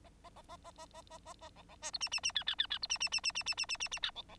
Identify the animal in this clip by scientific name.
Lonchura striata domestica